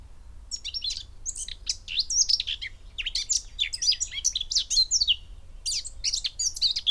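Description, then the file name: Eurasian blackcap singing a fast, varied warble of chattering and whistled notes in bursts, with brief pauses between phrases. "Sylvia atricapilla"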